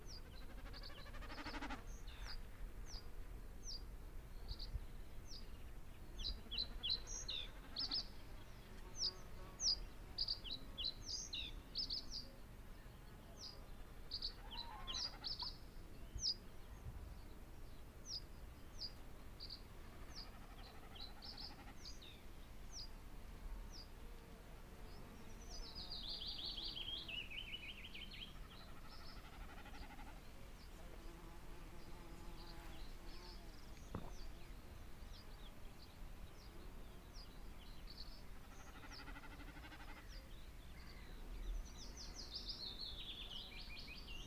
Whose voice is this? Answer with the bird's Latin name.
Gallinago gallinago